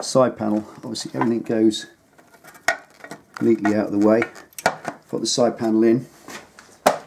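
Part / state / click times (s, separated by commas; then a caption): plastic side panel onto motorcycle frame / seated / 6.9 s. Someone talks while a plastic side panel is pushed back onto a Harley-Davidson motorcycle frame over the tucked-away battery minder lead. A single sharp snap is heard at 6.9 s as the panel seats in place.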